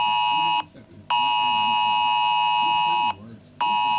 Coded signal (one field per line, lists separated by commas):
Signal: Emergency Alert System (SAME) tones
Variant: 853 and 960 Hz attention tone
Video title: National Emergency Alert System Test-10/4/2023